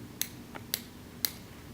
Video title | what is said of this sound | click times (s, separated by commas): Scissor & Needle Driver Use | that's locked okay three clicks is locked | 0.2 s, 0.7 s, 1.2 s